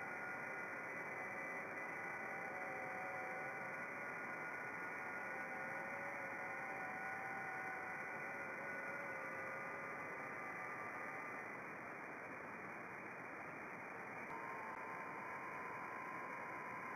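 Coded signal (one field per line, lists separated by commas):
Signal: FT8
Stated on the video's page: FT8 signals on 10 m received in Botswana.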